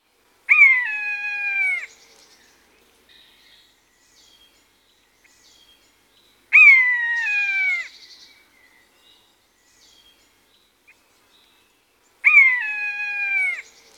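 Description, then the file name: Common buzzard giving three loud, drawn-out mewing calls that slide slightly downward, each about a second and a half long, spaced roughly six seconds apart, with quiet between. "Maeusebussard Buteo buteo"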